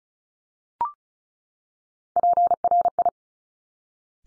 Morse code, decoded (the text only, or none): PRI